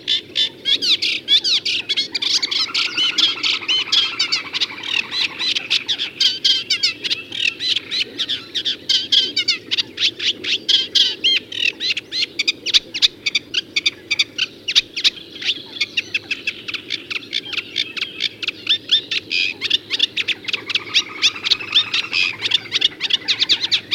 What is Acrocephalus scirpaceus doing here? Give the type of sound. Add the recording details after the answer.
song. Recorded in the wild. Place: Temmen-Ringenwalde, Mecklenburg-Vorpommern, DE. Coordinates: 53.097, 13.748. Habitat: Lake. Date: 1982-05-13. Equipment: Nagra III BH, Sennheiser MD 21, parabola. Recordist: Schubert, Michael